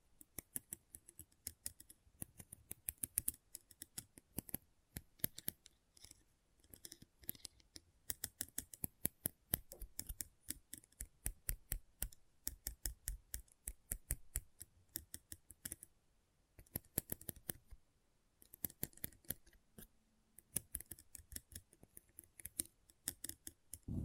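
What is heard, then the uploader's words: Intense magnetic tingles: rapid, crisp clicks and snips in dense bursts, with brief pauses near sixteen and nineteen seconds and a faint low hum. ASMR Intense Magnetic Tingles (No Talking).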